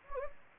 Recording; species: mosquito wingbeat signal from an infrared sensor; Anopheles gambiae